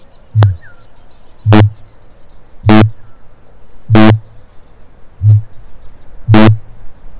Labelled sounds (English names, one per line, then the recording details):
Kākāpō boom
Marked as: faintness 1/5
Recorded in New Zealand
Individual Stumpy